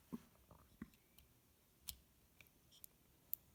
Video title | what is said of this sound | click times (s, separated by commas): Go Pro Quick Instructions | side up until it clicks | 3.3 s